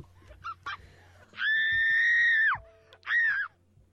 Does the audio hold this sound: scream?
yes